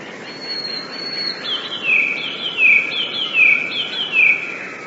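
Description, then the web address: Eurasian blue tit song: high thin whistles followed by a run of four bright down-slurred notes in quick succession, against constant low hiss. "wroblowe teka 2 spiew 13. wroblowe teka modraszkoteka"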